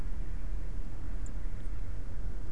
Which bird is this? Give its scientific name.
Turdus philomelos